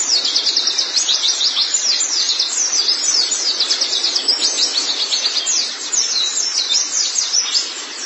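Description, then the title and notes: White-eye song: an unbroken stream of very high, quick chirps and slurred sweeps, busy and energetic throughout. "Kicauan Burung Pleci Durasi Panjang. Suara kicauan burung pleci"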